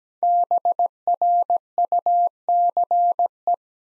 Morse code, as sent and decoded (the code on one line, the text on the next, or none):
-... .-. ..- -.-. .
BRUCE